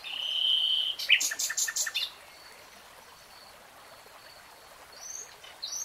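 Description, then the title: Nightingale song opening with a drawn-out whistle, followed by a loud fast stuttering rattle, then quiet with a faint note at the end. Three-hour real-time recording of a nightingale singing. "[Tiếng chim hót] REALTIME Nightingale Singing"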